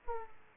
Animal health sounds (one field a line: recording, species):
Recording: mosquito wingbeat signal from an infrared sensor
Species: Aedes aegypti